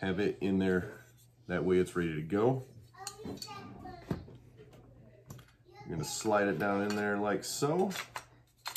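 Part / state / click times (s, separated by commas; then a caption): handguard onto carbine receiver / not seated / none. A Strike Industries 6-inch handguard is being slid down onto the receiver of a CZ Scorpion pistol-caliber carbine, with the charging handle already in place, while someone talks. Light metallic handling taps and scrapes are heard between the speech. Nothing has seated or locked yet when the clip ends.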